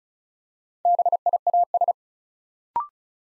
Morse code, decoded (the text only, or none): BIAS